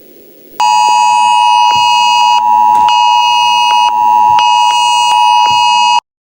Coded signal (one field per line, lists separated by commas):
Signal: Emergency Alert System (SAME) tones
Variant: 853 and 960 Hz attention tone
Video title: Surmazstan eas alarm (2006) 5th Moses-surmazstan war